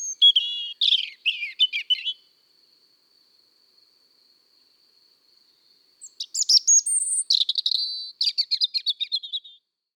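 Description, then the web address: European robin singing high, tumbling phrases of twittering notes and quick descending whistles, a short burst at the start and a longer one after a pause, with a thin constant tone behind. "Le-rougegorge, mon-imagier-sonore-de-la-nature"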